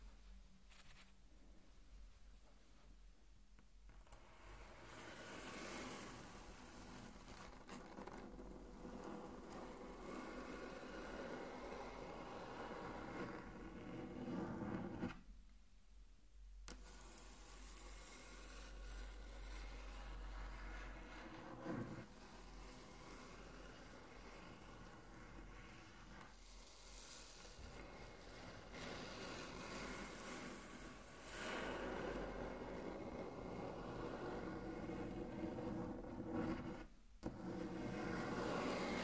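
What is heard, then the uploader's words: Intense tracing across a table surface makes a dense, continuous rubbing and scraping noise with a rough, rumbling texture. The sound surges and eases without stopping, except for short breaks near 15, 22 and 37 seconds. A low steady hum sits underneath early on. Intense Table Tracing (No Talking).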